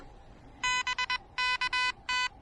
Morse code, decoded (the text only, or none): BK T